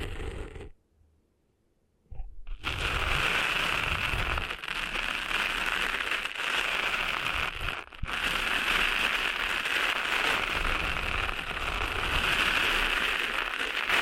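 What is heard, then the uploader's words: Sand cleaning in the ear makes a dense, steady scratching rustle with low thumps, after a brief silent gap near one to two seconds. ASMR Cleaning Sand Out of Your Ears (No Talking).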